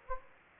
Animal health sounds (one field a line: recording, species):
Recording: mosquito wingbeat signal from an infrared sensor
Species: Anopheles gambiae